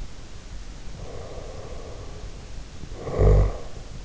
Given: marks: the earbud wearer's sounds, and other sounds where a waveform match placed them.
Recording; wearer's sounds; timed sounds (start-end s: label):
sounds in sleep by an in-ear microphone; snoring breath
1.06-3.99 s: snoring breath